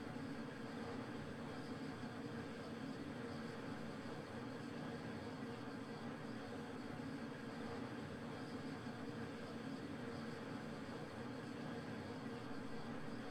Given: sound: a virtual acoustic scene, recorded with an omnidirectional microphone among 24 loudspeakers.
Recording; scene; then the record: noise of the scene; olnoise from 0 degrees (S0N0)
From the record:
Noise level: 65 dB SPL